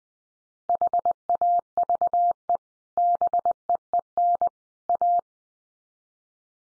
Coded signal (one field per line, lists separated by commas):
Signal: Morse code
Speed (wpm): 20 wpm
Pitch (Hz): 700 Hz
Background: none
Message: HAVE BEEN A